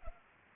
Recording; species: mosquito wingbeat signal from an infrared sensor; Culex pipiens